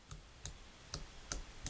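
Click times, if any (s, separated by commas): 0.1 s, 0.5 s, 0.9 s, 1.3 s, 1.7 s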